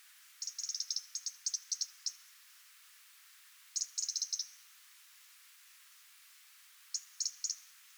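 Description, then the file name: European robin ticking: a long stuttering run of high, sharp clicks, then two shorter bursts after pauses. "Erithacus rubecula"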